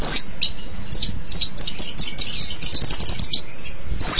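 Long-tailed Shrike song of quick, varied high chirps and sharp descending whistled notes, closing with a loud downslurred whistle.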